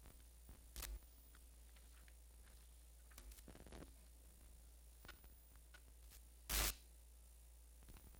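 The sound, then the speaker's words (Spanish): Steady hiss of radio static with a persistent low hum, broken by scattered clicks and two sharp bursts of crackling interference, the louder one near the end. “También el sonido es precisamente de eso, ¿no? De interferencia.”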